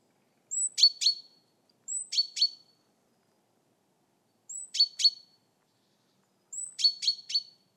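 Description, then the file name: Great tit calls: a thin high note followed by two or three sharp ticks, in four separate bursts, otherwise quiet. "Parus major"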